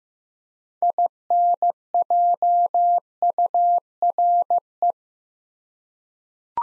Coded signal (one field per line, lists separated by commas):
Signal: Morse code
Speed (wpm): 15 wpm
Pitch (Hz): 700 Hz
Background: none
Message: INJURE